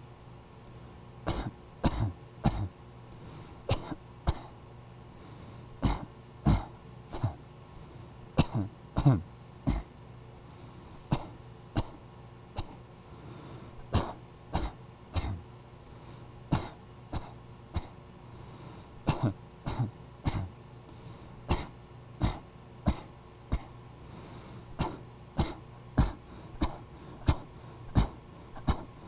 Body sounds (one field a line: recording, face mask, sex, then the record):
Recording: voluntary coughing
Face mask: surgical mask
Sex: male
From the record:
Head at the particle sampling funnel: facing it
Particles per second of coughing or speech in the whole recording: 0.119